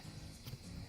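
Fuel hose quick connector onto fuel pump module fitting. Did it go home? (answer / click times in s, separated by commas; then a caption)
no / none. A larger fuel hose quick-connector is handled and pushed toward its fitting on the fuel pump module during a fuel pump replacement on a 2002-2006 Cadillac ESV/EXT or 2002-2006 Chevy Avalanche. Only a steady low rumble and faint handling noise are heard, with no sharp transients. Nothing has seated or clicked yet.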